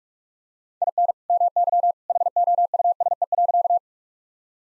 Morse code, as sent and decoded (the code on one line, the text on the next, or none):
.. -. / -- -.-- / .... --- ..- ... . .-.-.-
IN MY HOUSE.